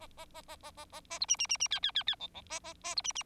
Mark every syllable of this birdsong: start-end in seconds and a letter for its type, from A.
0.00-0.07 A, 0.17-0.25 A, 0.34-0.42 A, 0.48-0.56 A, 0.63-0.71 A, 0.77-0.85 A, 0.92-1.01 A, 1.10-1.19 A, 1.20-1.26 B, 1.28-1.36 C, 1.39-1.47 C, 1.49-1.57 C, 1.60-1.68 C, 1.71-1.80 D, 1.82-1.91 D, 1.95-2.03 D, 2.07-2.15 D, 2.20-2.27 E, 2.34-2.42 E, 2.49-2.59 A, 2.64-2.73 A, 2.83-2.95 A, 2.96-3.02 B, 3.04-3.12 C, 3.15-3.23 C